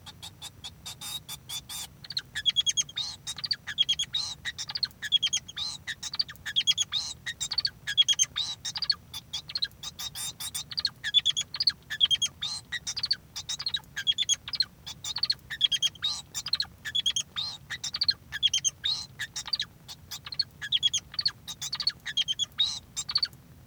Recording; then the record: song of a male Bengalese finch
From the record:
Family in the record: son of father 2